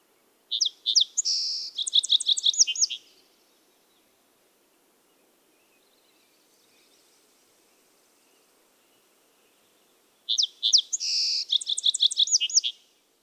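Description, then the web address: Song sparrow song, two phrases separated by a long quiet pause, each opening with a few clear notes, then a buzzy trill and rapid chattering notes. "soundandlightecologyteam"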